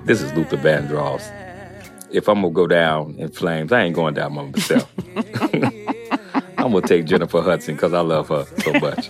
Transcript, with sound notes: This is Luther Vandross. If I'm going to go down in flames, I ain't going down by myself. (LAUGHTER) I'm going to take Jennifer Hudson 'cause I love her so much.